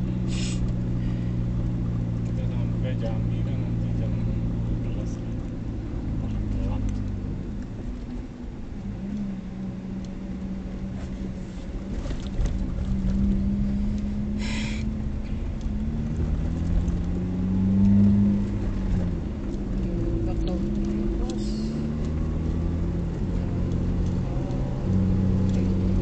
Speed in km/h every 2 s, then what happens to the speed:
32, 29, 30, 26, 21, 21, 20, 24, 27, 36, 36, 44, 48.
0-12 slows to 20. 12-18 speeds up to 36. 21-26 speeds up to 48.